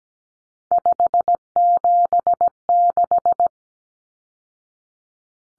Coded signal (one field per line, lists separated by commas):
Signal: Morse code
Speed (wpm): 17 wpm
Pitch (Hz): 700 Hz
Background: none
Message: 576